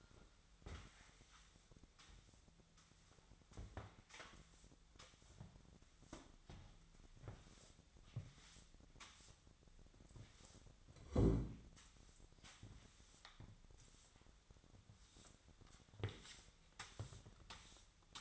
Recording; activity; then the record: daily activity, microphone in the room; sweep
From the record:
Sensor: 3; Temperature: 25.7 degrees Celsius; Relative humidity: 37.5%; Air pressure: 1006.9 hPa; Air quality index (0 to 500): 204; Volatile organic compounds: 18 ppm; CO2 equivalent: 2612 ppm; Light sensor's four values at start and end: 11/25/10/10 and 8/19/8/8